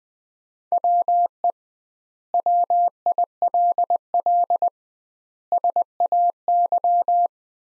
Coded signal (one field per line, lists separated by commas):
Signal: Morse code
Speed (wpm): 20 wpm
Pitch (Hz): 700 Hz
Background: none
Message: WE WILL SAY